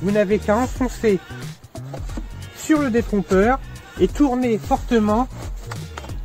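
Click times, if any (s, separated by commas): 5.7 s, 6.0 s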